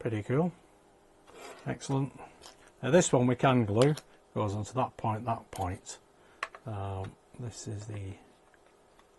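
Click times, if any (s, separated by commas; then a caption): none. A plastic kit part is handled at the reserve torpedo container of a U-boat model kit, the U 96, while someone talks. Faint small sounds come near the end, around 8.5 and 9.0 seconds, but the part has not seated or clicked yet.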